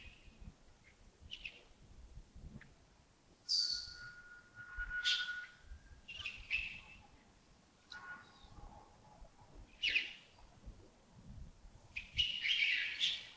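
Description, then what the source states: Bird calls: a varied mix of high chirps, a steady thin whistle held for about a second, and a loud, scratchy burst of calls at the end. Early morning at Yagongding, 28 December 2025, around 07:40.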